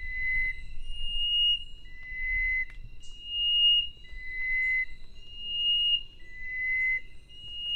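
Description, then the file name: Chestnut-breasted wren singing clear, flute-like whistles that alternate low and high in a steady, unhurried sequence, with soft low-frequency background noise beneath. "cyphorhinus thoracicus"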